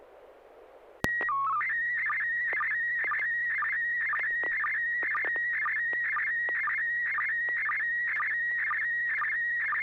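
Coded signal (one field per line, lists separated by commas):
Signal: SSTV (slow-scan television)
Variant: PD 120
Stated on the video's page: SSTV net using MMSSTV on an FM repeater at 441.30 MHz, Sacramento.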